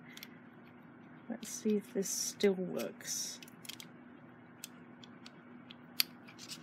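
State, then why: Seated. Someone talks while pushing a part that had accidentally popped out of a Cuttlelola electric dot pen back into the pen body, with faint scattered ticks along the way. A sharp, loud click at 6.0 s marks the part clicking back into place, and it is confirmed as seated.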